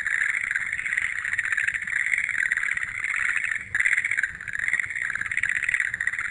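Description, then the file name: Frogs calling in a dense, continuous chorus of pulsed, trilling croaks, steady throughout with a brief dip in intensity near the middle. "kaeru"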